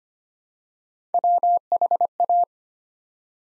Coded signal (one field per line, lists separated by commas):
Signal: Morse code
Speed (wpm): 25 wpm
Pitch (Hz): 700 Hz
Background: none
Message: WHA